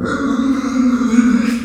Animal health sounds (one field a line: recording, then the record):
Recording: squeal of a Yucatan mini pig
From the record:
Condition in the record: after surgery on the right vocal fold (resection and tissue-engineered implant)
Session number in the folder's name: 9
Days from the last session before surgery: 65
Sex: female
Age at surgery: 19 weeks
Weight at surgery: 25 kg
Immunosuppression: prednisolone